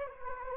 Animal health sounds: mosquito wingbeat signal from an infrared sensor; Anopheles gambiae

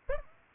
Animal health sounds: mosquito wingbeat signal from an infrared sensor; Aedes albopictus

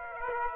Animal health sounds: mosquito wingbeat signal from an infrared sensor; Aedes aegypti

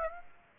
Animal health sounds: mosquito wingbeat signal from an infrared sensor; Aedes aegypti

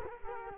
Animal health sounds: mosquito wingbeat signal from an infrared sensor; Culex quinquefasciatus

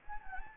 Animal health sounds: mosquito wingbeat signal from an infrared sensor; Anopheles gambiae

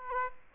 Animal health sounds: mosquito wingbeat signal from an infrared sensor; Aedes aegypti

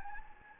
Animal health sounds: mosquito wingbeat signal from an infrared sensor; Anopheles gambiae

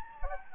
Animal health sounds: mosquito wingbeat signal from an infrared sensor; Anopheles gambiae

